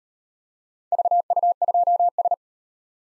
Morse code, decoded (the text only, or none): VU2S